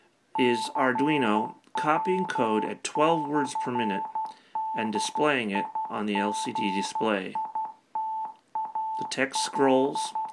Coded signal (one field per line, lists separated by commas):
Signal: Morse code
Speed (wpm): 12 wpm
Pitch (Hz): 880 Hz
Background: speech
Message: CW/DIGITAL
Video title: My Pet Arduino Copies Morse Code to an LCD Display Module